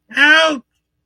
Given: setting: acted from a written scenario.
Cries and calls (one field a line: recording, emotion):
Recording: vocal sound without words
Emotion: pain